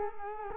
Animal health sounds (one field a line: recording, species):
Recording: mosquito wingbeat signal from an infrared sensor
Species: Culex quinquefasciatus